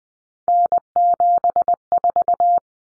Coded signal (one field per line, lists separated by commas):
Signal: Morse code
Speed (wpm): 20 wpm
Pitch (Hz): 700 Hz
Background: none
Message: N74